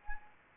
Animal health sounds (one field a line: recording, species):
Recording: mosquito wingbeat signal from an infrared sensor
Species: Anopheles gambiae